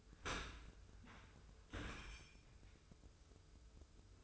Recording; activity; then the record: daily activity, microphone in the room; open dishwasher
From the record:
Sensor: 2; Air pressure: 995.6 hPa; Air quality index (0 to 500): 96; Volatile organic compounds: 5 ppm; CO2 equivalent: 1784 ppm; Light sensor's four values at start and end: 25/79/31/30 and 25/79/31/30